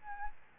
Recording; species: mosquito wingbeat signal from an infrared sensor; Aedes albopictus